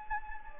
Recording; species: mosquito wingbeat signal from an infrared sensor; Anopheles gambiae